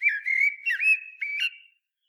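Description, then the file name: Common blackbird calls, a string of thin whistled notes near one pitch, some gently rising or dipping, in a few short bursts. "Turdus merula"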